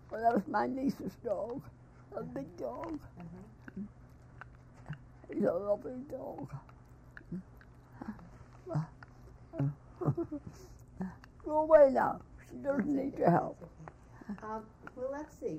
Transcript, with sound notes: That's my niece's dog, a big dog.
Uh-huh.
He's a lovely dog. [chuckles] Go away, now. She doesn't need your help.
Well, let's see.